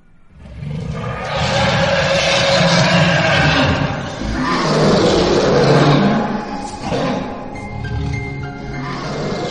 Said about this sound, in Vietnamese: Đúng lúc này, ở sâu bên trong mật thất bỗng nhiên chuyển đến một tiếng gầm to, chấn động toàn bộ mật thất đến run rẩy. Tiếng gầm nghe như là tiếng của một con quái thú khủng khiếp vậy, vô cùng kinh hãi, vang lên chấn động.